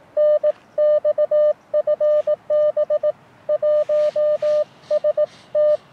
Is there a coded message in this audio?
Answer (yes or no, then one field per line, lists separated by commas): yes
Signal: Morse code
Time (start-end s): 0.2-5.8 s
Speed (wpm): 20 wpm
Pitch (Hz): 600 Hz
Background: none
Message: NX FB 1ST